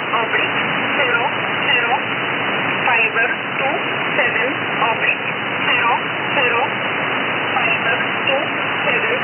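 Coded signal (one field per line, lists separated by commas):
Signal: numbers station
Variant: E11 Oblique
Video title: Numbers Station E11 Oblique 5409 kHz USB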